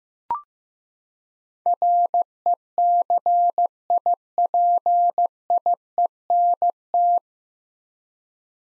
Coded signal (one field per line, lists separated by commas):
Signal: Morse code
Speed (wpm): 15 wpm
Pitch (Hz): 700 Hz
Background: none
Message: RECIPIENT